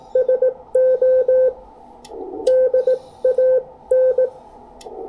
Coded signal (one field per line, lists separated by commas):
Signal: Morse code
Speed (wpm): 18 wpm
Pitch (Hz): 510 Hz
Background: none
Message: SO DAN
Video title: Ham Radio Modes | SSB VS CW VS FT8 Conversions